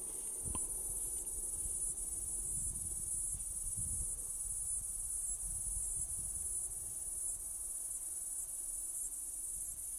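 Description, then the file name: Cicada producing a sustained high metallic buzz, steady throughout, while a sharp knock sounds near the start and soft low thuds recur through much. Platypleura species, recorded in Kaning'ina Forest. "Platypleura sp Kaning'ina Forest"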